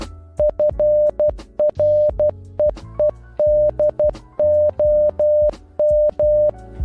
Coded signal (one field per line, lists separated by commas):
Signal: Morse code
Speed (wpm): 12 wpm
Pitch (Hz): 600 Hz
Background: music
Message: FREEDOM